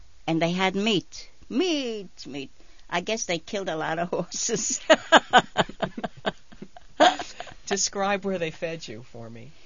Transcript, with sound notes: And they had meat. Meat, meat!! I guess they killed a lot of horses. ( she laughs )
Describe where they fed you for me.